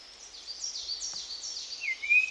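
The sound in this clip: Bird calls: several high, sliding downslurred notes in a row, then a lower wavering whistle.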